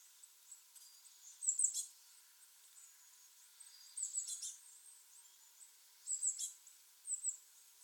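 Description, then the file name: Eurasian blue tit calling with faint, very high, thin notes in several short bursts. "Cyanistes caeruleus"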